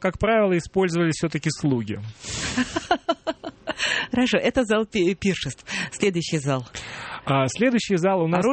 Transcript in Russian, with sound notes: Но, как правило, использовались всё-таки слуги. (смеётся)
Хорошо. Это зал пиршеств. Следующий зал?
Следующий зал у нас…